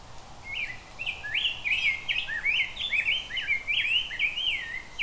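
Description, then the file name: Rose-breasted grosbeak singing a continuous stream of rich, warbled whistles that rise and fall quickly, almost without a break, over faint background hiss. "Rose Breated Grosebeak"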